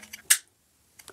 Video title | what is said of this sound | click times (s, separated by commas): How to Quickly Replace an Old Light Switch with Leviton Decora Edge Single-Pole Switch | when you push it down you hear the click and then you're done Leviton calls it | 0.3 s